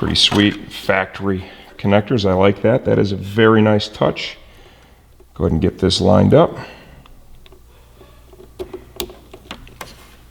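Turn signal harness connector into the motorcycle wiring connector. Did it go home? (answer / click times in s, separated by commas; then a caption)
yes / 9.0 s. Someone talks about the factory-style connectors, then lines up the OEM-style plastic wiring connector on a New Rage Cycles LED front turn signal harness for a 2017-2018 R6 and pushes it into the motorcycle's mating connector. After soft handling ticks, it seats with a sharp, positive click at 9.0 s, followed by a few small rattles as the connector settles.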